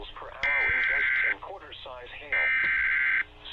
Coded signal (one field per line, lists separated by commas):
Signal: Emergency Alert System (SAME) tones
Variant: header bursts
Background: speech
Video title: NEW CRITERIA FOUND... EAS Alerts from 8/17/24 (EAS #4,787 - 4,821)